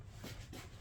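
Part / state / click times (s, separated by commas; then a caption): ignition coil electrical connector onto coil pack / not seated / none. After refitting an NGK Laser Iridium spark plug on a Jaguar XK XKR (X150), the plastic electrical connector is being pushed back onto the ignition coil pack. Only soft, steady handling noise and low rumble are heard, with no sharp transients. Nothing has seated or clicked yet.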